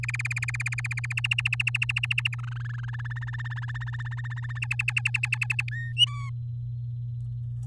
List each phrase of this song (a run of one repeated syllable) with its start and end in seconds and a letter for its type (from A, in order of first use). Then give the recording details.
0.03-1.13 A, 1.17-2.35 B, 2.38-2.85 C, 2.88-4.59 D, 4.62-5.63 E, 5.68-5.92 F, 5.97-6.30 G. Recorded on 11 May 2018 at 10:35. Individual llb16